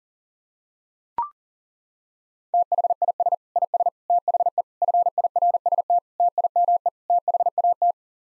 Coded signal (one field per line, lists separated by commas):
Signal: Morse code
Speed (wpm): 37 wpm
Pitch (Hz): 700 Hz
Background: none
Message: THIS IS THE FIRST TIME THAT